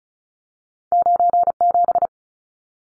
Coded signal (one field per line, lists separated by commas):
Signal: Morse code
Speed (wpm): 34 wpm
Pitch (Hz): 700 Hz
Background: none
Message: 97